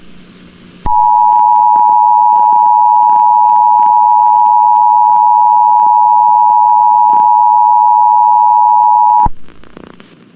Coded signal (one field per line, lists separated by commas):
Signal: Emergency Alert System (SAME) tones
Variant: 853 and 960 Hz attention tone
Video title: Bird television Monsters Inc Emergency alert system (November 13, 2001)